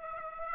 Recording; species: mosquito wingbeat signal from an infrared sensor; Aedes aegypti